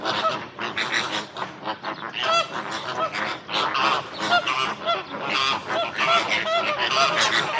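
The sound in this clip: Birds honking loudly together, a chaotic mix of nasal, barking calls with no break.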